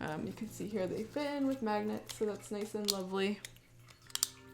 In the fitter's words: nice satisfying snaps